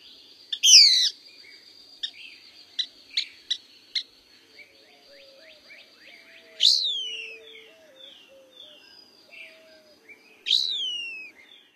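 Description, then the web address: Couch's kingbird calls: a sharp, high note sweeping steeply downward, given three times at wide intervals, with a run of short dry ticks and faint low whistles between. "Songs of Birds of North America Stokes. Couchs Kingbird"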